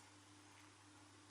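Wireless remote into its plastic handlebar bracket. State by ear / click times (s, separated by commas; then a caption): not seated / none. A wireless turn-signal remote is handled next to its small plastic handlebar bracket, which fixes to the handlebar with small cable ties. Only a steady low hum with faint tones is heard, with no distinct impacts. Nothing has clipped or seated yet.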